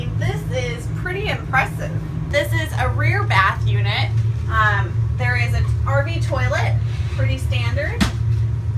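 A fold-up shelf in the rear bath of a Born Free custom RV is handled at its locking bracket on the bathroom wall, while someone talks throughout over a steady low hum. The shelf has not been pulled up or locked in place yet, so nothing has seated or clicked.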